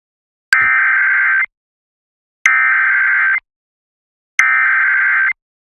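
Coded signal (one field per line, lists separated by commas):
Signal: Emergency Alert System (SAME) tones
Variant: header bursts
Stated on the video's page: Tornado Warning for Chicago relayed on WSRB 106.3 FM.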